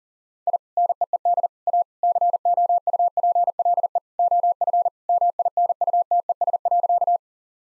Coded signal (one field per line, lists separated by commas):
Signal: Morse code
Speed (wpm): 40 wpm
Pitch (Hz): 700 Hz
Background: none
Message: I NEED A COUPLE OF MINUTES.